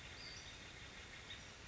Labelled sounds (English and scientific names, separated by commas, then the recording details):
Western Flycatcher (Empidonax difficilis)
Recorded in Sonoma County, California